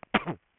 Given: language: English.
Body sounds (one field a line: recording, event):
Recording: throat vibration sensor signal played as sound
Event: cough